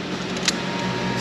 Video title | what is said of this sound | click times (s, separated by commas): Supercharged Spark Plugs! Land Rover Range Rover 5.0 v8 AWD #mechanic #tuneup | There's our click. | 0.5 s